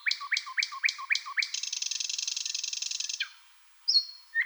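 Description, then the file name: Thrush nightingale song: six evenly repeated rising notes, then a long, dense, throbbing rattle. A short high whistle follows the pause. "solovey obyknovennyy golos"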